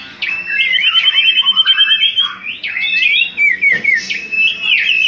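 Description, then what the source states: Common iora's rapid song of chirps and trills, including a stuttering run of lower notes, then long whistles with upswept ends. Whistled song used as a lure sound for bird catching.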